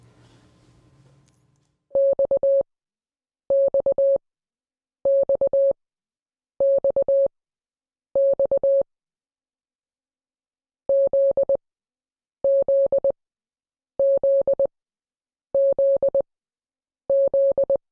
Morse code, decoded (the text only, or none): XXXXX ZZZZZ